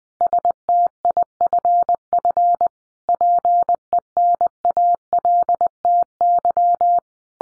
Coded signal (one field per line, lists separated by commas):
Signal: Morse code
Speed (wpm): 20 wpm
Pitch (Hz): 700 Hz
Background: none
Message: STIFF PENALTY